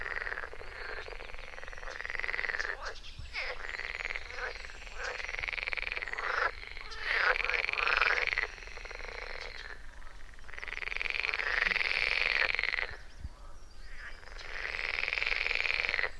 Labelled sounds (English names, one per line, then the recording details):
Edible Frog call
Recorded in the wild
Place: Mühlenbecker Land, OT Buchhorst, Naturpark Barnim, Brandenburg, DE
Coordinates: 52.6733, 13.3925
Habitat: pond
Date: 1991-06-09 12:18
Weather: Luft: 21 °C, Wasser: 18,0 °C
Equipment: Uher 4000 Report Monitor, Sennheiser ME 80, K 30 AV, Original
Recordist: Frommolt, Karl-Heinz